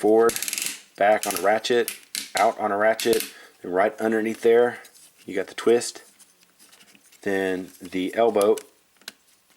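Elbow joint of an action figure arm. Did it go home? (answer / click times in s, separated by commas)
yes / 9.1 s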